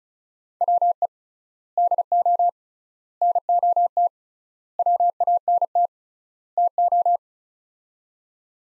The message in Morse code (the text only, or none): WE DO NOT WANT TO